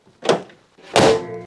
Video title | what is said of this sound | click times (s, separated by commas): NC MX5 AIR FILTER REPLACEMENT : BACK TO BASICS | place, and then lock those locking tabs by pushing them down firmly and clicking into place. | 0.3 s, 1.0 s